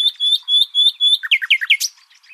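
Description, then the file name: Common nightingale song: a run of loud, level whistled notes repeated about four times a second, then quick downward-sweeping chirps and a sharp high note before fading. "Luscinia megarhynchos"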